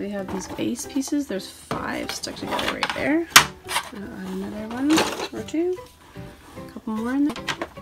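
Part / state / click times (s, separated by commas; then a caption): plastic toy base plate onto adjoining base plates / not seated / none. Plastic base plates from a gear toy set are being handled as a couple more are added to a stack of five already joined together, with light plastic clatter and someone talking throughout. Nothing has seated or clicked yet.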